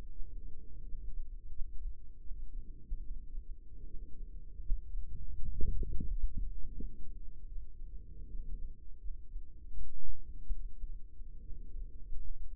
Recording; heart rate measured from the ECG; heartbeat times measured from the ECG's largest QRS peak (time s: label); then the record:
heart sounds by microphone in the right ear; 79 bpm
0.12 s: heartbeat
0.84 s: heartbeat
1.51 s: heartbeat
2.21 s: heartbeat
3.01 s: heartbeat
3.87 s: heartbeat
4.61 s: heartbeat
5.32 s: heartbeat
6.04 s: heartbeat
6.74 s: heartbeat
7.48 s: heartbeat
8.29 s: heartbeat
9.00 s: heartbeat
9.73 s: heartbeat
10.55 s: heartbeat
11.42 s: heartbeat
12.20 s: heartbeat
From the record:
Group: healthy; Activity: rest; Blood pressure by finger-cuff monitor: 147/72 mmHg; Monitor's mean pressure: 91 mmHg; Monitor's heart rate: 81 bpm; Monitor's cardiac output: 7.9 L/min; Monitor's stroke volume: 97 mL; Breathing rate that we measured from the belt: 17 breaths a minute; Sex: female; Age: 22 years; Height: 160 cm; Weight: 63 kg